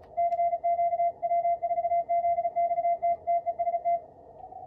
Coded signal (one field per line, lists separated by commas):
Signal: Morse code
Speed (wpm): 35 wpm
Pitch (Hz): 690 Hz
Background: radio noise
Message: CQ W4ZXT TEST